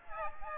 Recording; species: mosquito wingbeat signal from an infrared sensor; Aedes aegypti